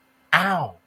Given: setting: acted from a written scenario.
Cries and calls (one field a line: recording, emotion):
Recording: vocal sound without words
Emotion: pain